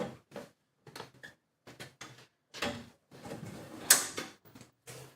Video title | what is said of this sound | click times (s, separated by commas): Building My New Metal Tool Storage! | okay whoa I heard it click wow | 3.9 s